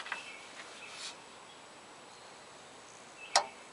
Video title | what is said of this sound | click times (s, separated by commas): Never Replace Car AC Valve Cores Until Watching This! | there it just clicked | 3.4 s